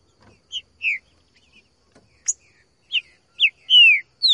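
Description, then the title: Green-winged Saltator singing short, clear whistled notes that slur downward, given in a loose, irregular series over a quiet background. Singing in the bush; recording meant to stir a trinca-ferro into song; labelled song type 'voz 10'. "Canto De Trinca Ferro Voz 10. TRINCA FERRO CANTANDO NO MATO. ESQUENTAR TRINCA FERRO"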